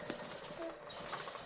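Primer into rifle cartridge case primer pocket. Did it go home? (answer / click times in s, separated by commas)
no / none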